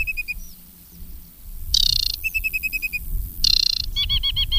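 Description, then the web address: Aquatic warbler song: clear repeated piping notes broken by two loud harsh churring bursts, each followed by rapid even note series, over faint low background noise. "Madardalok Cd 3 Csíkosfejű nádiposzáta"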